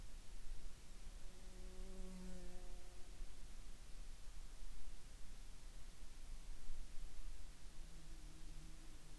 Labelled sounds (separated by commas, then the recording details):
insects
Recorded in the Arctic National Wildlife Refuge, Alaska, on 5 July 2019 at 01:08
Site 40